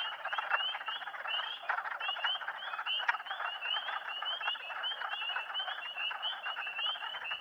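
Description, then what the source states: Spring peepers calling thickly, bright rising peeps packed together and overlapping above a continuous gritty lower chorus. Several spring peepers calling together; posted in April 2008.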